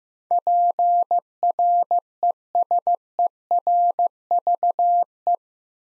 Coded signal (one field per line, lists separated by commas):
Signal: Morse code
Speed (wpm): 15 wpm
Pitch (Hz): 700 Hz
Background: none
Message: PRESERVE